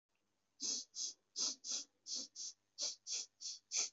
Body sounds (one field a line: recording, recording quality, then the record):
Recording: shallow breathing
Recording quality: excellent, no background noise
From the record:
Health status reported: COVID-19 positive, no symptoms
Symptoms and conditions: none ticked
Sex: male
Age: 28 years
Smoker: not ticked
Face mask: not worn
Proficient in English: no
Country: India